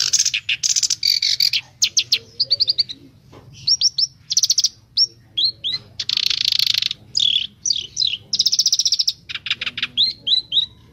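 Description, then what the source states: Streaked spiderhunter singing a lively mix of harsh buzzy bursts, sharp downslurred whistles and fast chattering trills, with brief pauses between phrases. Bird singing actively, with a clear, long song; made as a tutor recording for training cage birds.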